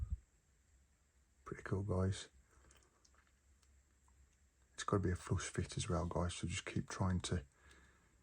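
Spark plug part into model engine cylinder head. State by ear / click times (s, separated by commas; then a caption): not seated / none. A small plastic or metal spark plug and lead part is handled at its recess hole in the cylinder head of a James Bond No Time to Die DB5 model car, where it must be pushed in to sit flush. Someone talks, with two faint brief ticks around 2.7 and 3.1 seconds in a quiet pause. Nothing has seated or clicked into place yet.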